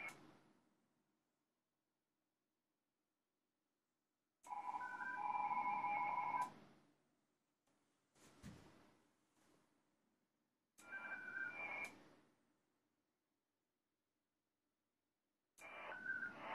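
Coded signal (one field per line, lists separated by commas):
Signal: HF data modem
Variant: ARDOP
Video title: Piin likiarvon lähetys Ardop Winlink -protokollalla OH2RBB linkkiaseman kautta lokaatiosta KP10WR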